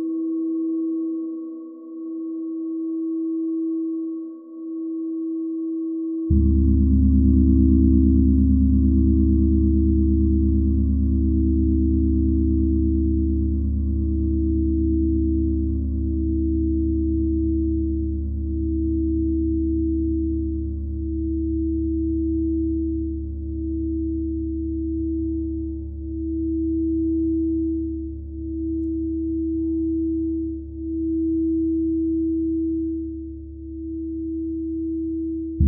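A singing bowl rings with a steady, pure hum that swells and fades in a slow, regular pulse throughout. At about six seconds a deep, rich drone enters beneath it and sustains to the end, thickening the sound while the bowl's wavering tone continues above.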